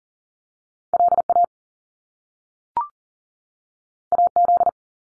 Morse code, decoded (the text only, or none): LA AZ